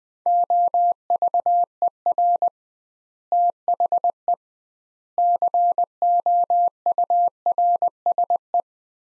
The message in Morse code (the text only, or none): OVER THE COURSE